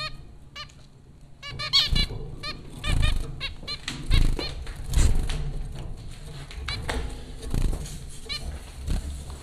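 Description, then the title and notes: Zebra finches calling busily, quick strings of buzzy nasal notes from several birds, mixed with soft thuds and rustling. Zebra finches at Popcorn School, Flatbush, Brooklyn, New York; recorded April 2009 by Dan Bodah. "Dronecast No. 030: The Popcorn Finches Four from Apr 15, 2009. Zebra finches recorded by Dan Bodah at Popcorn School, Flatbush, Brooklyn NY in April 2009"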